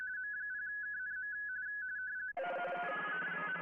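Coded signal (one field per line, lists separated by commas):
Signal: RTTY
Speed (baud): 45.45 baud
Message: M0KNM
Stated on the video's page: Live CQ WW RTTY contest operation.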